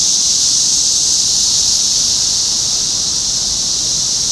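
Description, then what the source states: Cicada chorus, a continuous sizzling high drone holding at one level for the few seconds heard. Several cicadas recorded in Topeka, Kansas, on 14 June 2015.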